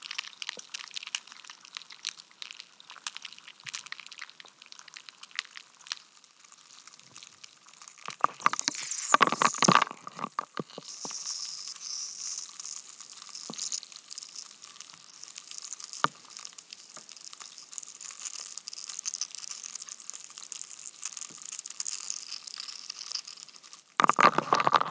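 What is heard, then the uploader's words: Ice cracks and crackles in a dense run of sharp ticks and snaps, with a louder burst of crunching around nine to ten seconds and another at the very end. A bright, fizzing hiss persists underneath, and a thin steady tone hums throughout. Sounds of ice cracking. Recorded with a homemade stereo hydrophone.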